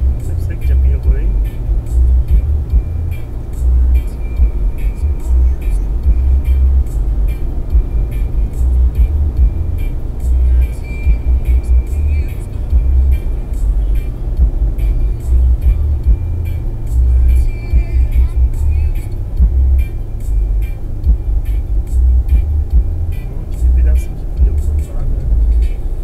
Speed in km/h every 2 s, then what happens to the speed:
116, 118, 119, 119, 117, 114, 111, 107, 100, 95, 91, 91, 93.
0-6 steady at about 118. 6-20 slows to 91. 20-26 steady at about 91.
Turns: none.